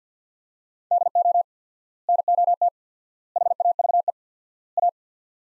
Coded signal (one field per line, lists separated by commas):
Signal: Morse code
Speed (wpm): 50 wpm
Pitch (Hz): 700 Hz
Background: none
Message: DO NOT HAVE A